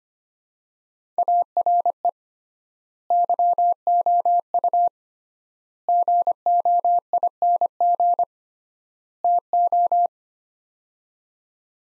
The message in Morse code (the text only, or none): ARE YOU GOING TO